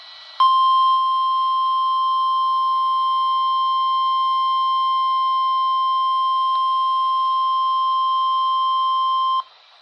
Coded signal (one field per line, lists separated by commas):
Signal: Emergency Alert System (SAME) tones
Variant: 1050 Hz attention tone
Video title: (EAS "#575") GSP Severe Thunderstorm Warning from WNG588 (Jefferson, NC) - 12/29/2024